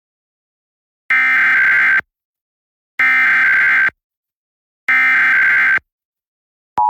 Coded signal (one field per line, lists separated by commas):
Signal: Emergency Alert System (SAME) tones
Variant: header bursts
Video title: EAS: Pennsylvania Required Monthly Tests (8/20/20)(EAS #447-454)